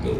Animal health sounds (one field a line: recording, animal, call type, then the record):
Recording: contact call of a hoofed animal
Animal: pig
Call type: closed-mouth grunt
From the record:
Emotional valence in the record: positive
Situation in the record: food and toys in familiar pen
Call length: 0.20 s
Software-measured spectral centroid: 1390 Hz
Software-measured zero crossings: 800 a second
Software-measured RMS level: -24 dBFS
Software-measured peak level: -14 dBFS